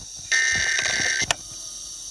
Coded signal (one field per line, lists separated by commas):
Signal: Emergency Alert System (SAME) tones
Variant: header bursts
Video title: EAS 174: Civil Authorities issue Required Monthly Test for all of PA (05/19/2022)